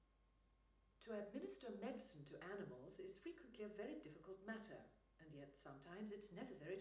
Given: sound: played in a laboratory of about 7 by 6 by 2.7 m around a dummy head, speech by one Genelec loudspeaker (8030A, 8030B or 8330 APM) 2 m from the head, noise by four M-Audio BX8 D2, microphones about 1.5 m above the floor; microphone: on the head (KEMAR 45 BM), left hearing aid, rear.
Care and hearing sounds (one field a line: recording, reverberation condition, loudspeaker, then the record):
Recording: female speech in English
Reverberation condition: medium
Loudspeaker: 60 degrees to the left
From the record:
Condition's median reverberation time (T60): about 510 ms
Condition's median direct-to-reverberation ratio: about -0.5 dB